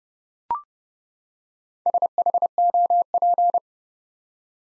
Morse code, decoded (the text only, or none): SHOP